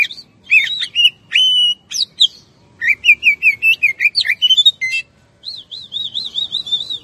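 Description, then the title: Oriental magpie-robin singing a varied run of clear whistles, slurred notes and rapid chattering phrases, ending with a quick series of wavering high whistles. "Kacer"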